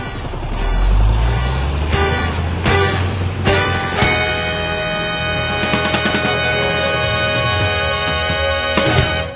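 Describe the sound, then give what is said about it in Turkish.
A car engine revs up with a rising low growl, then settles into a steady, loud roar of driving with a broad rush of road noise and no voices. “Kes dırdırı, gazla hadi.”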